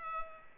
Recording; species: mosquito wingbeat signal from an infrared sensor; Culex pipiens